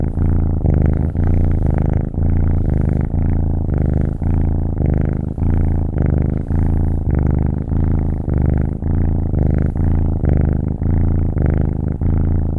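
Domestic cat kitten purring, a deep steady rumble pulsing in and out with each breath, with no other sounds.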